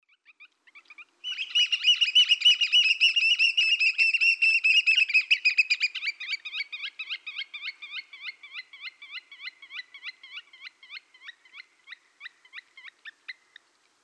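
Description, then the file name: Eurasian oystercatcher piping, a few sharp whistles breaking into a loud rapid trill that gradually slows and fades into spaced piping notes. "Huitrier pie"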